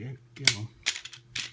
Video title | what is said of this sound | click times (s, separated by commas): Transformers Generations Sandstorm. | oh you'll hear them clicking if you just Peg them in and then wiggle it around it'll all hold together and | 1.4 s